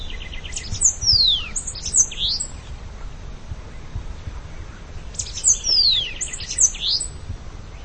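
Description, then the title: Bananaquit song: two short bursts of high, thin, buzzy descending sweeps and squeaky notes, about four seconds apart, over a soft low rumble. "Canto De Cambacica"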